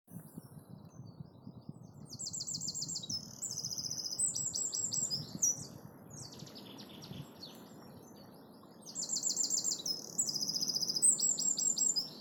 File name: Troglodytes troglodytes